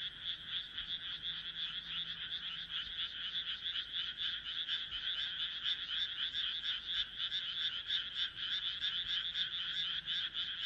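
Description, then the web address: Frogs giving rapid rattling croaks, pulses at about three or four per second. "kaeru kaeru"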